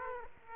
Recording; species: mosquito wingbeat signal from an infrared sensor; Aedes aegypti